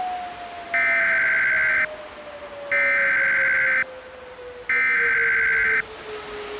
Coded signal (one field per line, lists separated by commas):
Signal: Emergency Alert System (SAME) tones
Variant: header bursts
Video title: [EAS MOCK] - TSUNAMI WARNING (HAWAII)